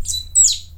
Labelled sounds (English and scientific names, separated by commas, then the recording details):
Stitchbird (Notiomystis cincta) song
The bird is a male
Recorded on Tiritiri Matangi Island, New Zealand, in 2005
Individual 22, of nest box 31